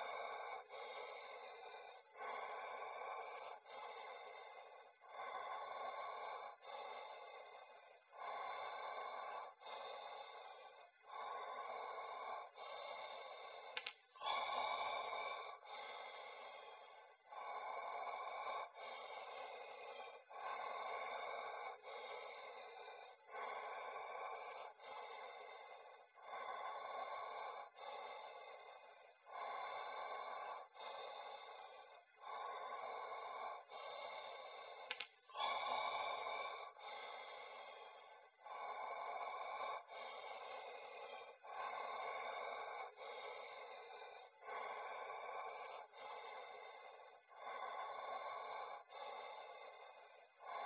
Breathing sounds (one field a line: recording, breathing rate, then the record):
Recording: paced breathing near a phone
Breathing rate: 20 breaths a minute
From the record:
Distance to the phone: 40 cm